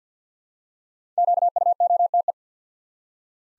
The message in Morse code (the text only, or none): QUOTE